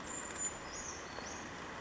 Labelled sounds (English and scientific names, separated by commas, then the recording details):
Brown Creeper (Certhia americana)
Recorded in Sonoma County, California